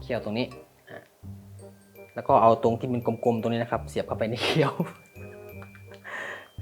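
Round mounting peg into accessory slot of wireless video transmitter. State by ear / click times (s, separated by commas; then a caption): not seated / none. The round mounting peg is pushed into the tab slot of a Hollyland Pyro H 4K HDMI wireless video transmitter accessory while someone talks, with a few faint, short knocks near the end. It is not pressed hard for fear of breaking it, and nothing has seated or clicked yet: the peg fails to lock into the slot.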